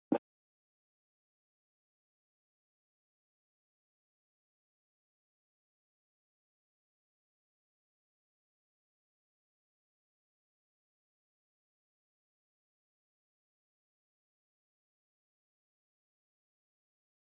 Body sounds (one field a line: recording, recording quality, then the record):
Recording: deep breathing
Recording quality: poor, much background noise or distortion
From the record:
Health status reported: COVID-19 positive, moderate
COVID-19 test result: positive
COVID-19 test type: RT-PCR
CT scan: not taken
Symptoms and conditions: cough, cold, breathing difficulty, fever, fatigue, chronic lung disease, hypertension, diabetes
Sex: male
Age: 65 years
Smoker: no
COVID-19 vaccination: both doses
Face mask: worn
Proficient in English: no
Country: India